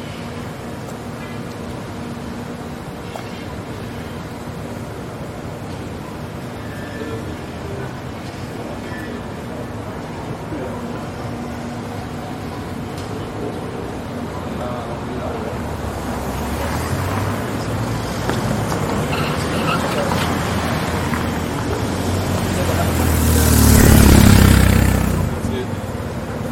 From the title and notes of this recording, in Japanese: George Street を Circular Quay から Townhall まで歩く。ビジネスマンが忙しく行き交うビジネス街を歩きながらいろんな音を楽しみます。ステレオ音声。